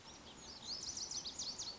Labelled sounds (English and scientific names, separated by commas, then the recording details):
Lazuli Bunting (Passerina amoena)
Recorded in Sonoma County, California